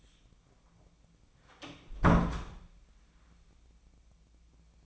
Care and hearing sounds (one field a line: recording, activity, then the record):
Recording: daily activity, microphone in the room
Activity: close door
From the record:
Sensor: 1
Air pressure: 1009.3 hPa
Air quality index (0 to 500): 188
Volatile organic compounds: 4 ppm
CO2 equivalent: 1585 ppm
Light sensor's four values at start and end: 39/104/43/51 and 39/103/42/50